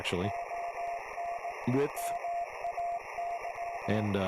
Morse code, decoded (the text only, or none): ON MAY